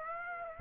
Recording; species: mosquito wingbeat signal from an infrared sensor; Aedes aegypti